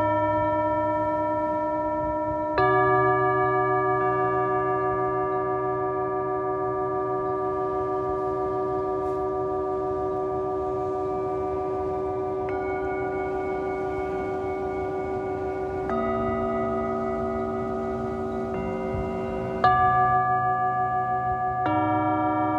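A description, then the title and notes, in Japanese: Singing bowls ring with long, sustained metallic tones layered over one another. New strikes land about every few seconds, near 2.5, 12.5, 16, 19.5 and 22 seconds, each adding a fresh pitch while earlier tones keep humming underneath and slowly fade. メキシコから シンギングボウルのサウンドヒーリング ライブ。ビーチでライブのアーカイブです。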